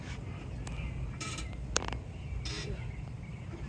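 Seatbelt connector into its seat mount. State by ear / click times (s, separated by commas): seated / 1.8 s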